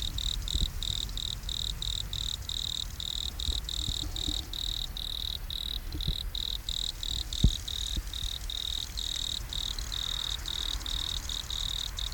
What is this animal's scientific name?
Nemobius sylvestris